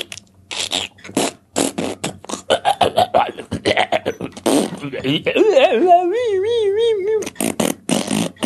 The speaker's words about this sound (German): Ich fange mit Rülpsen an, weil ich hatte noch Luft im Bauch.